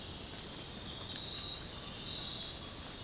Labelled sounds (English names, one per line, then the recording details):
none
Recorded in pastures near Puerto Asís, Putumayo, Colombia, on 20 December 2024 at 05:30
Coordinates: 0.466, -76.322
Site G040